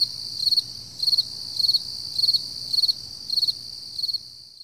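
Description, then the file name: Cricket chirping, several rapid pulsed bursts at a brisk steady pace, with a thin high drone behind. Early morning at 4 AM, summer, July 2012. "freesound Early Morning Summer Crickets 4 AMJuly 2012"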